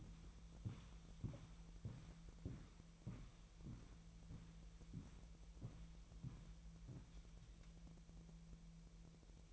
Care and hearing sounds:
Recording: daily activity, microphone in the room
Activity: walk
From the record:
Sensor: 1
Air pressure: 1002.1 hPa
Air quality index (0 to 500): 235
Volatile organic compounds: 89 ppm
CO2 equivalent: 3678 ppm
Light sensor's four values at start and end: 7/18/7/8 and 8/19/8/9

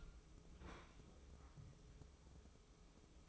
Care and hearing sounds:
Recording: daily activity, microphone in the room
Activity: open fridge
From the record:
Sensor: 1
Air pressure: 995.3 hPa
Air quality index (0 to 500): 25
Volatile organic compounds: 1 ppm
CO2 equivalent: 509 ppm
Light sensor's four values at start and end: 19/62/23/25 and 19/62/23/25

